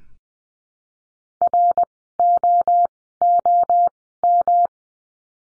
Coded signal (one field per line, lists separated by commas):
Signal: Morse code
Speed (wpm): 20 wpm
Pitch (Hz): 700 Hz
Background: none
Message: ROOM